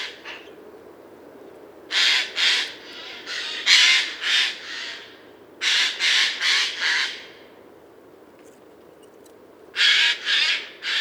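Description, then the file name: Eurasian jay screeching repeatedly, rough noisy rasps delivered in bursts of several, with short silences between the bouts. "Garrulus glandarius"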